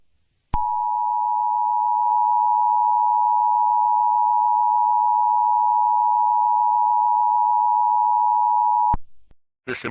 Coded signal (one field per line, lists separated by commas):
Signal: Emergency Alert System (SAME) tones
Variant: 853 and 960 Hz attention tone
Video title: EAS SCENARIO: Apocalipsis Calle Dalmatas 101 (Capítulo 02: La Expansión)